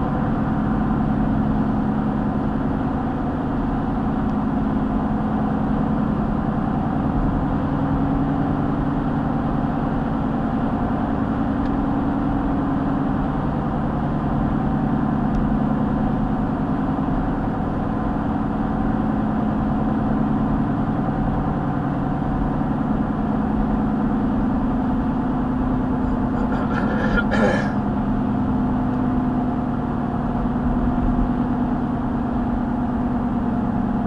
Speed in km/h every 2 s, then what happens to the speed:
89, 89, 90, 92, 93, 93, 93, 90, 90, 90, 90, 90, 87, 85, 84, 84, 82.
0-34 slows to 82.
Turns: none.